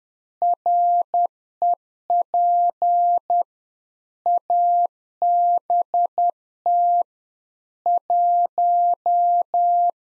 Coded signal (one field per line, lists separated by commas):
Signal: Morse code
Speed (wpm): 10 wpm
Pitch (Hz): 700 Hz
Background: none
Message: REP ABT 1